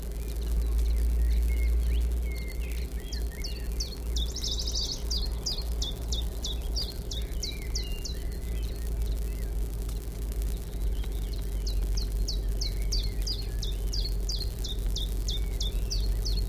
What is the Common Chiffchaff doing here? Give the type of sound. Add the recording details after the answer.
song. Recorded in the wild. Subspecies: collybita. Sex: male. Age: adult. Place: Zwischen St. Girons und Foix, Südfrankreich, Midi-Pyrénées, FR. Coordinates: 43.0061, 1.525. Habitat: shrubbery. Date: 1964-05-08 12:30. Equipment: Nagra III PH, dynamisches Mikrophon, LGS26. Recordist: Schneider, Hans-Joachim